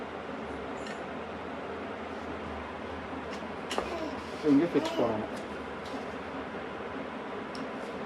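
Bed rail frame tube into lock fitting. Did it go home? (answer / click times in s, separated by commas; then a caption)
no / none. Someone talks while fitting the sponge-side frame tube of a Syga 3-piece baby bed rail, the piece that has only holes, into its lock fitting. Brief handling knocks come around 3.8 s and again from about 4.5 to 5.2 s. The tube has not snapped into the lock; nothing has seated or clicked yet.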